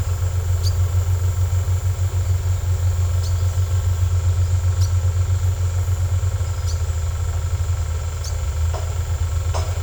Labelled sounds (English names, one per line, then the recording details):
none
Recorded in secondary vegetation near Puerto Asís, Putumayo, Colombia, on 20 December 2024 at 16:00
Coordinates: 0.468, -76.324
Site G095